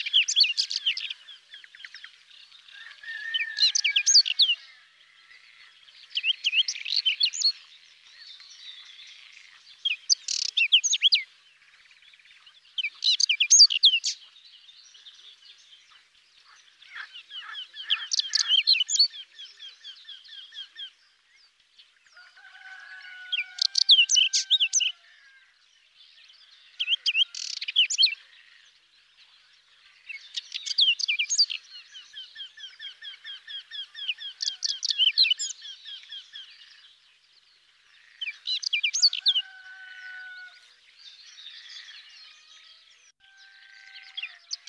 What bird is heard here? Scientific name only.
Saxicola rubetra